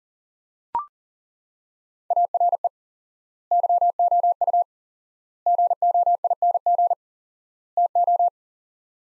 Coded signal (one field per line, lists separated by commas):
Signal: Morse code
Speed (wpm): 40 wpm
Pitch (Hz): 700 Hz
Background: none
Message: ARE YOU GOING TO